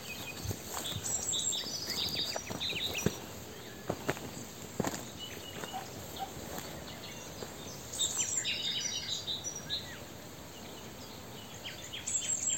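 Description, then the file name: Great tit calls: short bursts of very high, thin notes and lower paired chips in several clusters, over steady background hiss with scattered clicks and knocks. "Parus major"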